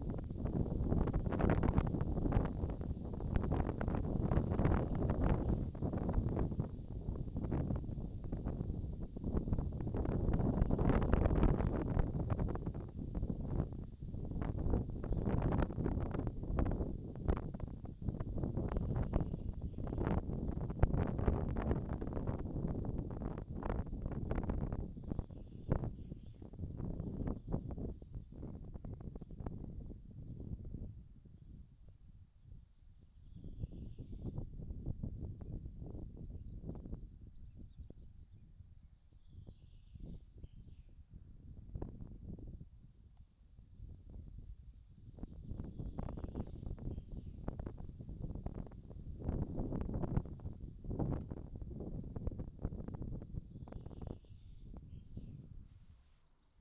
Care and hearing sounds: everyday scene through a hearing-aid microphone; wind on the microphone; wind, birds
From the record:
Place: in front of a rural house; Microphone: in the ear canal, left

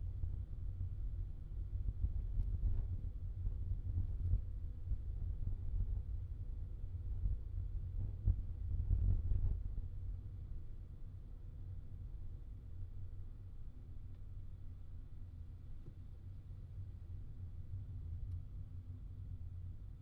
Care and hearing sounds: everyday scene through a hearing-aid microphone; in a vehicle; engine, rumble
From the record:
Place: Skoda Fabia, gasoline engine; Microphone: in the ear canal, left

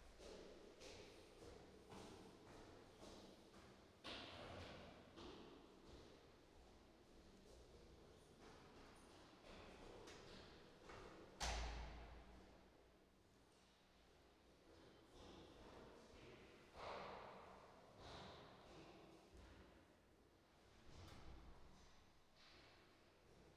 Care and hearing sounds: everyday scene through a hearing-aid microphone; reverberant space; background noise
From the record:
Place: staircase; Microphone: in the ear canal, right

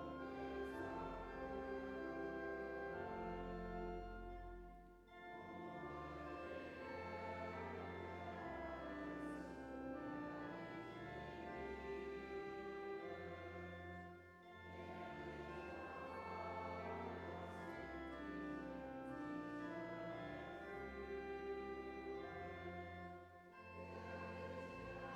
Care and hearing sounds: everyday scene through a hearing-aid microphone; reverberant space; music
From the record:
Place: church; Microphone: behind the ear, right, front

